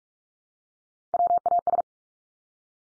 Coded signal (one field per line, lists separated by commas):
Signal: Morse code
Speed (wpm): 44 wpm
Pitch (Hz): 700 Hz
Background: none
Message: WAS